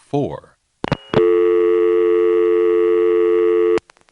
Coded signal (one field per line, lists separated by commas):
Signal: telephone call progress tone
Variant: North America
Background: speech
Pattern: dial tone